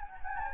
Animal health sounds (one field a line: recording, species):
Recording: mosquito wingbeat signal from an infrared sensor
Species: Anopheles gambiae